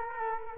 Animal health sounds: mosquito wingbeat signal from an infrared sensor; Culex quinquefasciatus

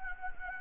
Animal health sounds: mosquito wingbeat signal from an infrared sensor; Anopheles gambiae

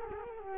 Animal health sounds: mosquito wingbeat signal from an infrared sensor; Culex quinquefasciatus

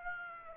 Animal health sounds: mosquito wingbeat signal from an infrared sensor; Aedes aegypti

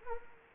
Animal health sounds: mosquito wingbeat signal from an infrared sensor; Culex quinquefasciatus

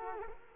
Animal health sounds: mosquito wingbeat signal from an infrared sensor; Culex quinquefasciatus

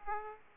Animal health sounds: mosquito wingbeat signal from an infrared sensor; Aedes aegypti

